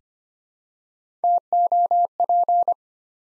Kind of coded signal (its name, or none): Morse code